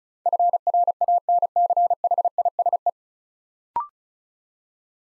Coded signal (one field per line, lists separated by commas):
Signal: Morse code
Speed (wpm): 36 wpm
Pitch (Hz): 700 Hz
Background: none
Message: FRANCHISE